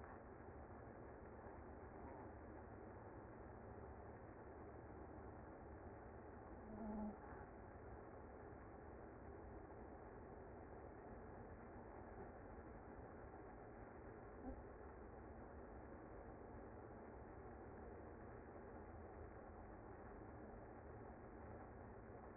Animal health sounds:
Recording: honeybee colony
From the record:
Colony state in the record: active

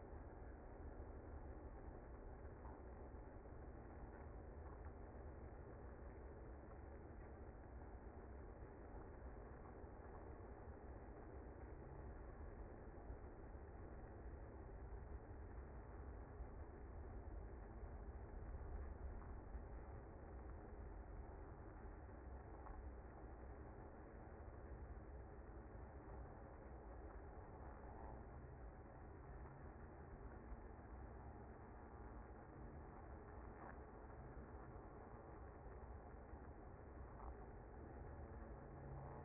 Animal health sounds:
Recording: honeybee colony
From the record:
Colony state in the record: active

